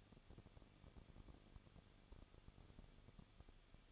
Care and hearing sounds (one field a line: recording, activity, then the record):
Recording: daily activity, microphone in the room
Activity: no activity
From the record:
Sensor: 4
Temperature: 23.1 degrees Celsius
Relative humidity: 34.1%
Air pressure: 1007.2 hPa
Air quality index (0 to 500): 215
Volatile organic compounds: 15 ppm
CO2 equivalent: 2484 ppm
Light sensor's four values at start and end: 2/3/1/1 and 2/3/1/1